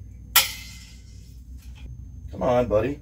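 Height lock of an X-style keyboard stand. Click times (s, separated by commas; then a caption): 0.4 s. The height lock of a metal X-style keyboard stand is worked as the stand is opened, giving a loud, sharp click at 0.4 s, the first of the two clicks it takes. Someone talks afterward. The second click has not come yet, so the lock is only partly set.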